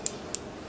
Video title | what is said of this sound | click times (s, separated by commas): Cara membaca micrometer, dan memahami tulisan dan penggunaannya | kemudian Sampai bunyi klik-kliknya ya Nah | 0.1 s, 0.3 s